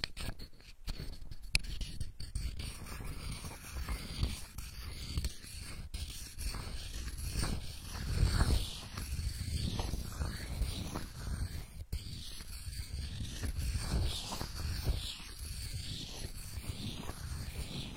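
Macadamia nuts are handled close to the microphone, with a steady stream of dry crackling, rustling and small crunches throughout. Sharp clicks stand out near the start, around six and twelve seconds, and a heavier crunching thump comes around eight seconds, in a quiet small room.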